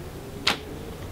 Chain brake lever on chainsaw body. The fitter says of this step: but when it does you'll feel it click back you'll have a little bit of free play so forward